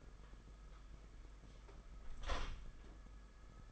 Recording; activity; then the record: daily activity, microphone in the room; close door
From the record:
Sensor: 5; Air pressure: 991.8 hPa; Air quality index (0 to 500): 132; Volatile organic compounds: 75 ppm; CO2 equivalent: 3565 ppm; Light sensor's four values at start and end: 33/111/42/44 and 33/111/41/44